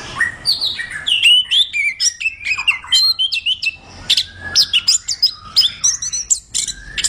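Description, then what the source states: Orange-headed thrush song of fast, twisting whistled phrases and clipped high notes, repeated in quick succession with small pauses between bursts. Described as gacor, meaning singing vigorously and constantly.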